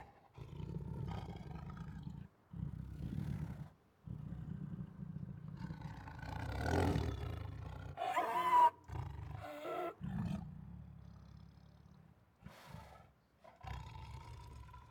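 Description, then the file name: Siberian tiger giving repeated deep rasping growls in bursts, with a louder snarl near the middle and tonal moaning growls toward the end. Protective growls, roars and snarls. "Siberian Tiger Protective Growls, Roars and Snarls 1 [Sound Ideas]"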